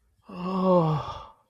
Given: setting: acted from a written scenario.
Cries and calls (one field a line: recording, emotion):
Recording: vocal sound without words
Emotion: awe